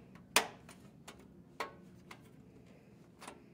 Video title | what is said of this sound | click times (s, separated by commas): computer build video | and then just push it should click in after a few seconds to install | 0.4 s